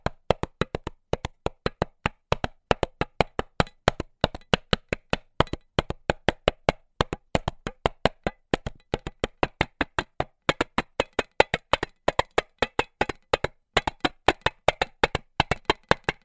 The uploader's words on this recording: Tin Drum.